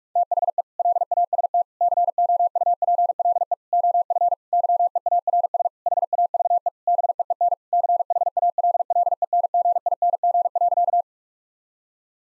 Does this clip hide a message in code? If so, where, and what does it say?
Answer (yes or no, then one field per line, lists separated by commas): yes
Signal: Morse code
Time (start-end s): 0.2-11.0 s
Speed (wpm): 42 wpm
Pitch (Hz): 700 Hz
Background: none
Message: THE LAST COUPLE OF YEARS HAVE BEEN CHALLENGING.